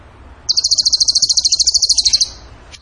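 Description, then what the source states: Bird song: a single steady, very high rattling trill of about twenty quick pulses, lasting under two seconds. Masteran training song for birds in the tembakan gacor style.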